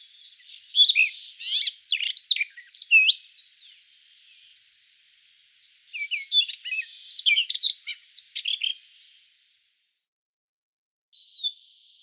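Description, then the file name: Siberian rubythroat song in two quick, twittering phrases of slurred whistles and chirps, followed by silence and one brief closing note. "solovey krasnosheyka golos"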